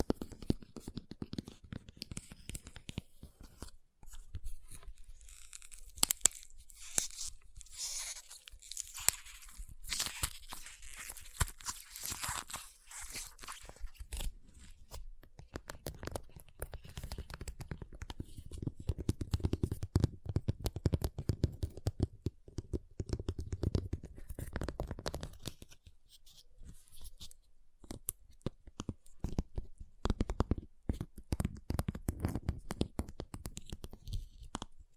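Ice is tapped, scratched and carved in dense, uneven strokes, brighter scraping early on, then lower, rougher grinding from about fifteen seconds.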